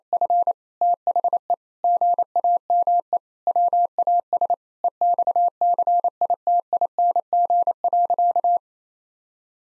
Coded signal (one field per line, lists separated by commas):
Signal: Morse code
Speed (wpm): 28 wpm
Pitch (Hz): 700 Hz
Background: none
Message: F THE GAME WAS EXCITING.